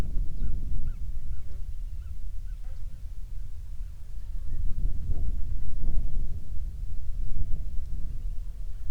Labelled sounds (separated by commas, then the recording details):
songbird, grouse or ptarmigan, wind, insects
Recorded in the Prudhoe Bay oil fields, Alaska, on 7 July 2019 at 00:01
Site 16